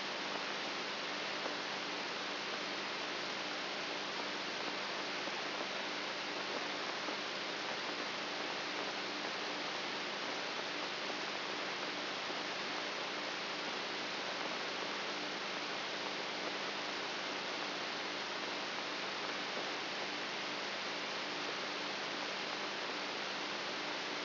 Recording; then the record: brain microelectrode recording played as sound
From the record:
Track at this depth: outside the subthalamic nucleus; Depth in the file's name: 8.1 mm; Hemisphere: right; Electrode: 3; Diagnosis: Parkinson's disease